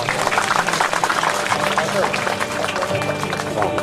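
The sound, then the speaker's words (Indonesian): An audience applauds a singer after a song. The steady applause is a dense, loud patter of many hands clapping at once, lasting a few seconds, with voices mixed in beneath the clapping. “tepuk tangan untuk”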